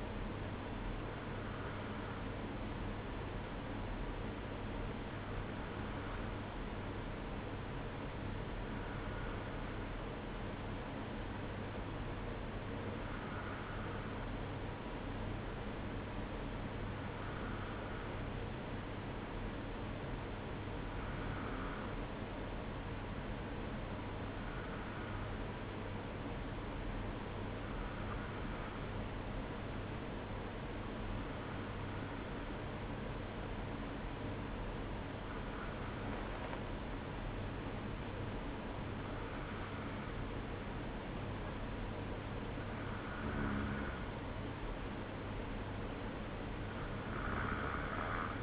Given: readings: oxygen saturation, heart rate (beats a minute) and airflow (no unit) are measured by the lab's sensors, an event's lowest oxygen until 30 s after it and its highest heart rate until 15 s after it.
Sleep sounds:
breathing in sleep by a voice recorder at the bedside; none
none scored
From the record:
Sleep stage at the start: N1 (lightest sleep); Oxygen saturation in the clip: 92 to 93%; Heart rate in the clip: 55 to 58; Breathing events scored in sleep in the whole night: 305 in 9.6 hours asleep

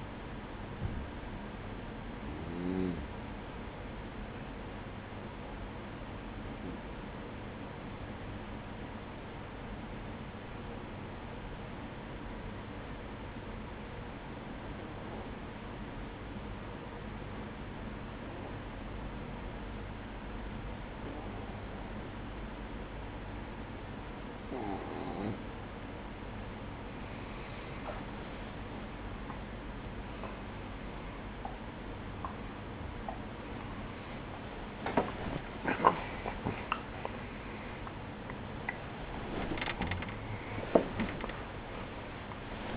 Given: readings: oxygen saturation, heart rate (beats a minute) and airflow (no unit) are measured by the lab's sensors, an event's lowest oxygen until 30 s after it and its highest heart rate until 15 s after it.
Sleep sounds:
breathing in sleep by a voice recorder at the bedside; 1
5.00-27.00 s: hypopnea (N1, oxygen 97% highest, then 93% lowest, heart rate 53 at the start, 66 highest)
26.00-42.77 s: new sleep stage, awake
29.00-42.77 s: awake
From the record:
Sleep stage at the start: N1 (lightest sleep); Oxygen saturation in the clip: 93 to 97%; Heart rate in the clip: 52 to 66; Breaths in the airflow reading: 9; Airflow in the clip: -14.0 to 14.7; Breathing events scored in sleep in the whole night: 180 in 6.7 hours asleep

